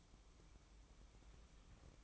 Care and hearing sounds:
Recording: daily activity, microphone in the room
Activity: light off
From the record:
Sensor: 1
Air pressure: 1007.9 hPa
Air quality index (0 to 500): 115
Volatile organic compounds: 1 ppm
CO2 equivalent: 971 ppm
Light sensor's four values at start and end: 16/46/18/20 and 12/28/11/13

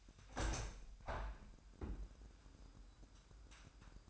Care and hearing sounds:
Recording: daily activity, microphone in the room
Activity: open window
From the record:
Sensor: 2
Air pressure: 998.4 hPa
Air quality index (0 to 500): 136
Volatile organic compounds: 4 ppm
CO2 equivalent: 1543 ppm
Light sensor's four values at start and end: 7/16/7/7 and 7/17/7/8

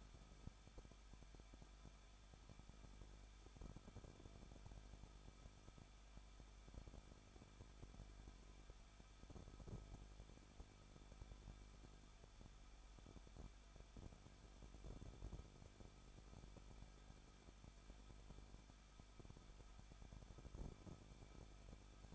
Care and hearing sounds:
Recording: daily activity, microphone in the room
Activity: no activity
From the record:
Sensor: 5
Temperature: 20.8 degrees Celsius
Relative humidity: 38.3%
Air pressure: 1006.6 hPa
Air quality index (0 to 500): 186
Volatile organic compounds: 18 ppm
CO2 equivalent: 2603 ppm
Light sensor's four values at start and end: 2/3/1/1 and 2/3/1/1

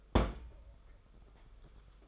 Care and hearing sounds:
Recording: daily activity, microphone in the room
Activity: place on stove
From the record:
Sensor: 5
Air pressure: 991.1 hPa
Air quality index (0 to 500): 91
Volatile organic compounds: 11 ppm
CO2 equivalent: 2302 ppm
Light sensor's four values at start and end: 33/104/40/43 and 33/104/40/43

